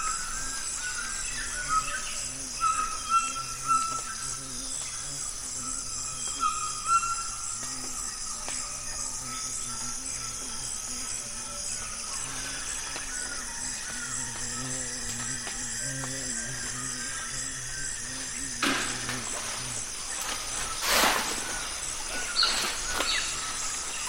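A steady, high insect-like buzz runs throughout over a low hum, with faint scattered calls and two sharp, louder bursts near the end.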